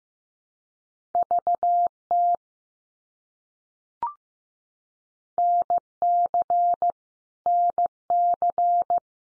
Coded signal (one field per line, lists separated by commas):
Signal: Morse code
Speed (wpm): 15 wpm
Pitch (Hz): 700 Hz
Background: none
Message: VT NC NC